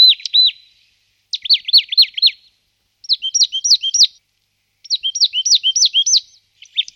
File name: sýkora-babka